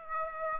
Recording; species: mosquito wingbeat signal from an infrared sensor; Aedes aegypti